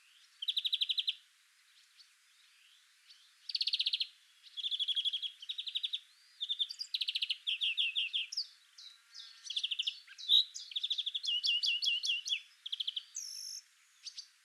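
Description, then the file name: European greenfinch twittering, repeated short trilled bursts and chirps in irregular phrases, with brief gaps between them. "Chloris chloris"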